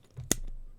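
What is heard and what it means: A plastic toy arm is swung around so the stud on its inside locks into a small hole in the body. There is a sharp snap at 0.3 seconds as the stud seats and locks in, with faint handling sounds before and after.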